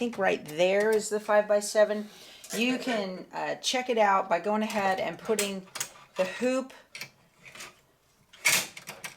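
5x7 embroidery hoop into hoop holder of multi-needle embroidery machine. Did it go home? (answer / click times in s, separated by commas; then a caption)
yes / 8.5 s. Someone talks, then pushes a plastic 5x7 embroidery hoop onto the hoop holder arms of a Brother PR 1055 10-needle multi-needle embroidery machine. A few soft handling knocks are followed by a sharp snap at 8.5 s as the hoop seats in the holder.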